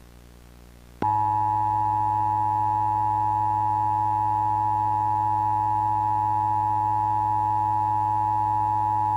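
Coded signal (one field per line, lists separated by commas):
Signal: Emergency Alert System (SAME) tones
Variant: 853 and 960 Hz attention tone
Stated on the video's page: Mock EAS with valid tones at the end.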